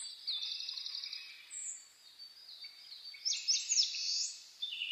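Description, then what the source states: Birds in chorus, a steady high trill at first, then a louder burst of sharp chirping and warbled notes toward the end. Dawn chorus (reimei) recorded on 10 May 2010.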